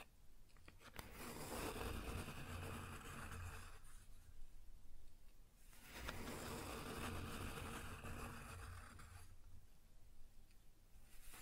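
Scratching across a wooden surface in long, gritty rasping strokes lasting a few seconds each, separated by short quiet gaps, with faint taps early on.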